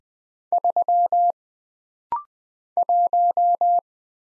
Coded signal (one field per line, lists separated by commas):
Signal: Morse code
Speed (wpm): 20 wpm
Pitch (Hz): 700 Hz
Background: none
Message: 3 1